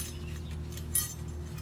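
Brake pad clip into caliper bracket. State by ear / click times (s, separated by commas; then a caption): not seated / none. A metal brake pad abutment clip is handled at the brake caliper bracket during a pad and rotor job on a 2017 Colorado. A steady low hum runs throughout, with a brief, bright metallic jingle near 1.0 s. Nothing has clicked into place or seated yet.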